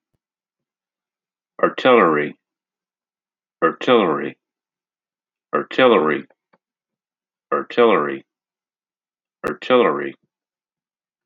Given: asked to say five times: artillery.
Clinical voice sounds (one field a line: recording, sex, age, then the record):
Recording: repeated word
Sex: male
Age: 50 to 59 years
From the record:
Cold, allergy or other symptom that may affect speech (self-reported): no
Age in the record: 55 years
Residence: Ohio, United States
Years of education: 12